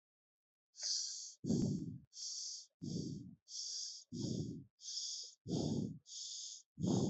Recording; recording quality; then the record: shallow breathing; excellent, no background noise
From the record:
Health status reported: healthy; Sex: female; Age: 27 years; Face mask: not worn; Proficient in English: yes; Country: India